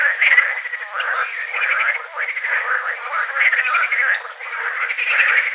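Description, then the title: Water frog chorus of rapid pulsed croaking and rattling phrases, overlapping almost continuously with brief lulls. Several green frogs, recorded at Combrit, Finistère, France, in June 2010. "Animus. Grenouilles vertes - Combrit, Finistère - juin 2010"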